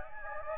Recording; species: mosquito wingbeat signal from an infrared sensor; Anopheles gambiae